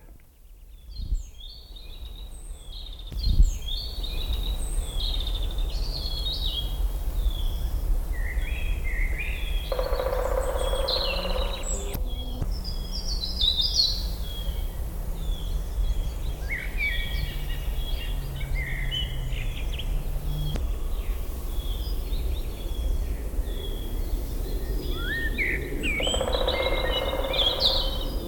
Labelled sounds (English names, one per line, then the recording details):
Black Woodpecker drumming
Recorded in the wild
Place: Lanke, Brandenburg, DE
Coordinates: 52.76, 13.54
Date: 1995-04-30 19:49
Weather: heiter 14-15°C
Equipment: Marantz CP 430, Sennheiser ME 80, Kopie Uher 4000 Report Monitor
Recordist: Tembrock, Günter